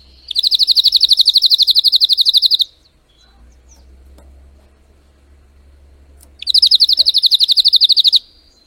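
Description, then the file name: Canary (Spanish Timbrado): canary giving two bursts of rapid, rolling trill, each lasting about two seconds, with a quiet gap of several seconds between them. Spanish Timbrado breed of domestic canary, called canário belga in the Portuguese title; singing. "canto do canario belga timbrado espanhol"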